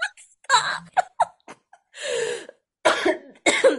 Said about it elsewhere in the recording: I am feeling a little under the weather. I made you laugh and it led to a 60-second coughing fit.